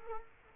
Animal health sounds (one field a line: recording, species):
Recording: mosquito wingbeat signal from an infrared sensor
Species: Culex quinquefasciatus